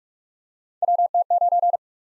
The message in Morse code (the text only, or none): WT9